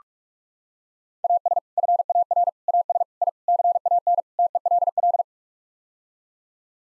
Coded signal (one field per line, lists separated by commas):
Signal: Morse code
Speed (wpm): 46 wpm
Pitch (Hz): 700 Hz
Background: none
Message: AS FAR AS I CAN TELL